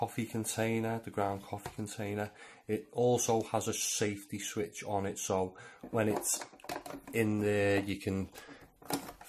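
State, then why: Seated. Someone talks as the plastic ground-coffee container of a Delonghi KG79 burr grinder is pushed into the grinder's base, where it engages a safety switch. A short, sharp click is heard at 8.9 s as the container seats, meaning the machine can be switched on.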